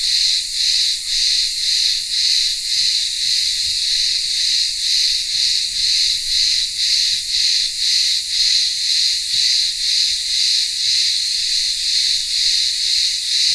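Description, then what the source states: Cicadas keep up an intense hissing buzz that swells and dips in regular pulses about twice a second, nothing else prominent. Cicadas in a town square of a remote Greek village on Ikaria island, Greece, in midday heat.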